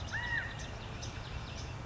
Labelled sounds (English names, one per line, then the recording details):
California Quail
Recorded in Sonoma County, California